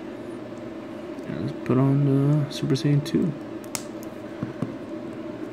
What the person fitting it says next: You hear that snap in there, that's always good.